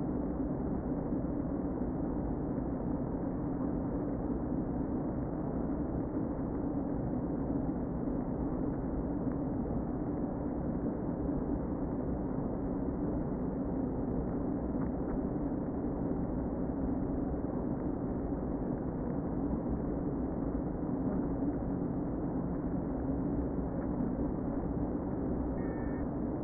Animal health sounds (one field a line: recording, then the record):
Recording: honeybee colony, microphone inside the hive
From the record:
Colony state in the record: queen present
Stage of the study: before two queens were removed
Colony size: about 60,000 bees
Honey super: yes